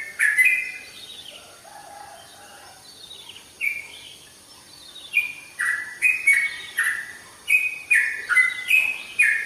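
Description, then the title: Oriental magpie-robin song, a loud opening note, then softer rambling warbles, then loud clear whistled phrases repeated quickly in the second half. "Kicau Kacer"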